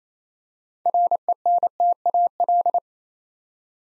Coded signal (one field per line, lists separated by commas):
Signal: Morse code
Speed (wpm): 28 wpm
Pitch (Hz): 700 Hz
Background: none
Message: RENTAL